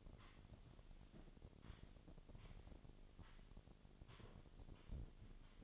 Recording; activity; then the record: daily activity, microphone in the room; sweep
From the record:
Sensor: 4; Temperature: 28.5 degrees Celsius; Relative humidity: 34.1%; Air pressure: 1007.8 hPa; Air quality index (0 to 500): 192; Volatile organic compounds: 6 ppm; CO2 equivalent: 1922 ppm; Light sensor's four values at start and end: 23/72/27/26 and 23/72/27/26